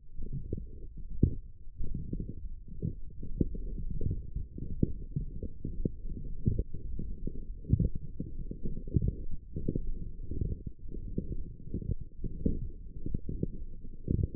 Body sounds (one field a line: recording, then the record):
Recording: forearm muscle sounds (acoustic myography)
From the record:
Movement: forearm supination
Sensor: system 1, eight BSWA MPA416 microphones around the upper forearm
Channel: 3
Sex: male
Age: 21 years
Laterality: right